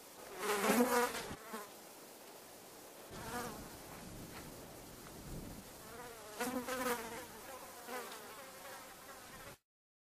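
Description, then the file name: Fly buzzing, a loud wavering burst at the start, softer passes, then another swell of droning hum before abrupt silence. Flies buzzing. "suono Mosche che ronzano"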